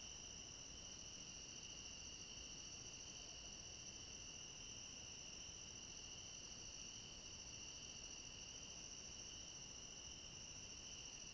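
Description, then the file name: Crickets chirring in a dense chorus, an unwavering high whine with a second, higher tone, steady from start to finish over quiet hiss. Chorus of crickets at night. "Coro de grilos a noite com cachorro longe"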